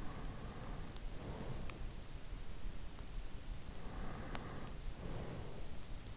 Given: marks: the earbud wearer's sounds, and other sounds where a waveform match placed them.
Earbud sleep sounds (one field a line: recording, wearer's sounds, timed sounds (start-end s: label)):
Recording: sounds in sleep by an in-ear microphone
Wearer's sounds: breath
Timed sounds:
0.00-2.25 s: breath
3.87-5.99 s: breath